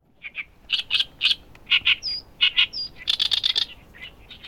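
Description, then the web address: Bird calls: rapid, dense series of harsh chirps and buzzy notes with a couple of thin higher whistles, continuing almost without pause. "yacho koe"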